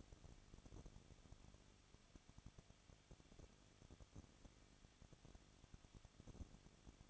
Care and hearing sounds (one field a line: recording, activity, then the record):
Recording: daily activity, microphone in the room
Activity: no activity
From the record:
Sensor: 4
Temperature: 23.0 degrees Celsius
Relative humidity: 34.4%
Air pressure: 1007.4 hPa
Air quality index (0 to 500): 212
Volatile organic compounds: 14 ppm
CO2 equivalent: 2442 ppm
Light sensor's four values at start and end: 2/3/1/1 and 2/3/1/1